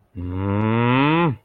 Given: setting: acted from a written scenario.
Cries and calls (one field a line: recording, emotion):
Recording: vocal sound without words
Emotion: anger